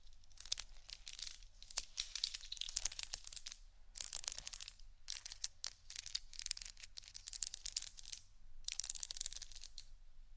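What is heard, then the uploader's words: Scratching and tapping on a textured surface, heard as bursts of dry, bright crackle that start and stop every second or two, with short gaps between. Sharp tap-like clicks punctuate the scraping throughout, over a faint low hum. ASMR Textures Scratching & Tapping (No Talking).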